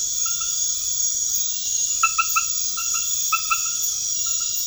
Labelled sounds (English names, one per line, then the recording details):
none
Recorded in pastures near Puerto Asís, Putumayo, Colombia, on 21 March 2025 at 23:00
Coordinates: 0.502, -76.324
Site GP07